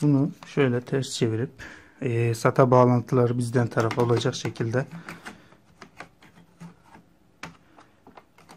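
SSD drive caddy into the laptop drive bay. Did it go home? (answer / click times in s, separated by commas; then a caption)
yes / 7.4 s. Someone talks while an SSD in its drive caddy is turned over, SATA connectors facing the person, and pushed into the drive bay of a Lenovo G510 laptop. Light handling clicks follow, then a sharp hit at 7.4 s as the caddy seats in the bay, completing the installation.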